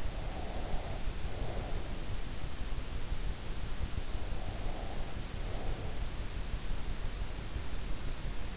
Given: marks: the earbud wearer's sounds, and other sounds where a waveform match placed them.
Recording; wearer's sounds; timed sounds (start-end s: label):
sounds in sleep by an in-ear microphone; breath
0.00-2.36 s: breath
4.34-6.15 s: breath